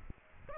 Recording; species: mosquito wingbeat signal from an infrared sensor; Aedes aegypti